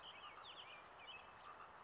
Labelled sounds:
California Towhee
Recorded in Sonoma County, California

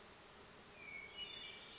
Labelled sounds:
Brown Creeper
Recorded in Sonoma County, California

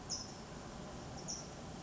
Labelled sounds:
California Towhee
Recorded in Sonoma County, California

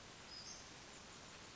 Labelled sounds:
Western Flycatcher
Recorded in Sonoma County, California

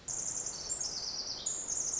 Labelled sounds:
Pacific Wren
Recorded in Sonoma County, California

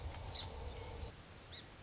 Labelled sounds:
Song Sparrow
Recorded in Sonoma County, California

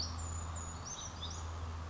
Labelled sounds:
Brown Creeper
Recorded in Sonoma County, California

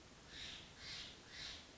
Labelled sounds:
Steller's Jay
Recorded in Sonoma County, California

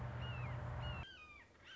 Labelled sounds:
Red-shouldered Hawk
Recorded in Sonoma County, California

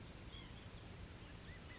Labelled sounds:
White-breasted Nuthatch
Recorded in Sonoma County, California

